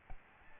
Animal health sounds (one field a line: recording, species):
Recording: mosquito wingbeat signal from an infrared sensor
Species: Aedes albopictus